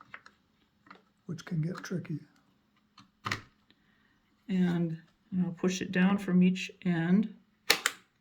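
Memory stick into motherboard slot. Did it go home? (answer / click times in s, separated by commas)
yes / 7.7 s, 7.9 s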